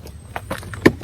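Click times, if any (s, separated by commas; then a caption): 0.9 s. The master window switch panel (control center) of a 2004–08 Acura TSX is pressed into its opening in the plastic door trim panel. A few faint ticks come first, then a sharp plastic snap at 0.9 s as the panel seats and locks in place.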